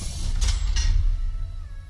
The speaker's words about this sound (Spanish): Creo que ahí está abriendo la puerta. Sí, ahí llegó.